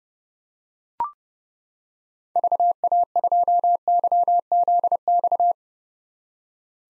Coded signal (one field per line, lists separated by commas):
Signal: Morse code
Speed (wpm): 31 wpm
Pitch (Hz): 700 Hz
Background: none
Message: VA2YZX